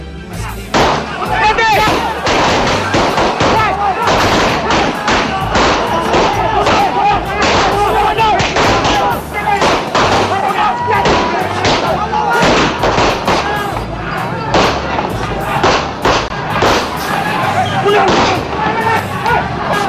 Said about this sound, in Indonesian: Polisi kemudian melepaskan serangkaian tembakan peringatan untuk menghentikan.